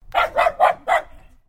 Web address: Sound Effects-Foundation 1 ANIMAL DOG AKITA BARKING